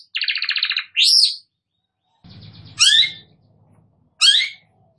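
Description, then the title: Long-tailed shrike song: a rapid buzzy trill followed by sharp upslurred and downslurred whistled notes, separated by short pauses, with faint low rumble. Described as gacor, singing actively. "Cendet Gacor"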